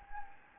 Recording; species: mosquito wingbeat signal from an infrared sensor; Anopheles gambiae